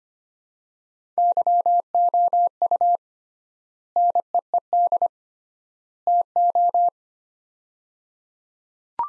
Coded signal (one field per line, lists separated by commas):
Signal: Morse code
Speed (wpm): 25 wpm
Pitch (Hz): 700 Hz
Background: none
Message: YOU NEED TO